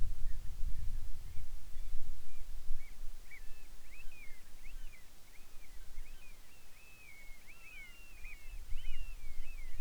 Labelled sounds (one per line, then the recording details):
bird
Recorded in the Arctic National Wildlife Refuge, Alaska, on 10 July 2019 at 18:04
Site 44